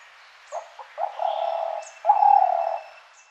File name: Spotted Dove